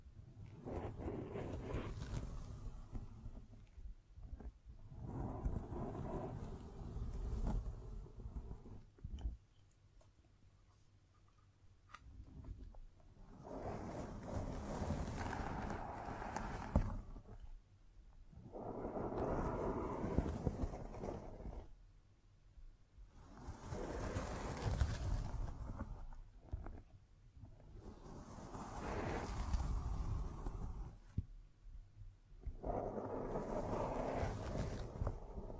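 Scratching, tracing and tapping on a surface come in long rough strokes, each lasting a few seconds, with short pauses between them. The strokes are fairly loud and dense, with a low rumble underneath, and a quieter stretch falls around ten to thirteen seconds.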